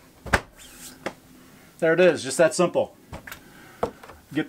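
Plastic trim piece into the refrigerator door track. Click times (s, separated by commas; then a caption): 0.3 s. A plastic trim strip on a Norcold RV refrigerator door panel is pressed along its track, and a sharp snap at 0.3 s marks the final edge seating into place. After a few more light taps and knocks, someone talks, with further sharp hits near the end. The trim piece is seated.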